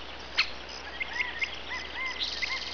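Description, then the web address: Birds twittering, with several soft arched notes and short high chirps scattered throughout over a steady background hiss. Morning. "Comedy Sound Effect Library"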